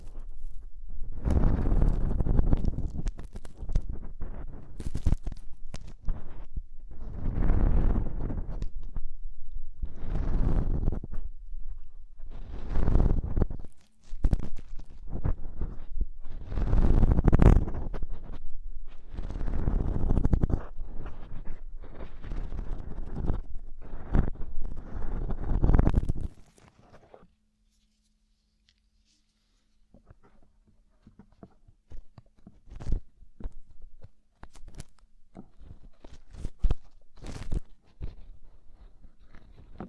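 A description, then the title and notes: Deep ear cleaning sounds: loud, muffled scraping and rubbing strokes come in waves every second or two for about 26 seconds, thick and rumbling with crackly edges. Then it drops to near quiet, with faint scattered clicks and taps until the end. ASMR INTENSE Deep Ear Cleaning (No Talking).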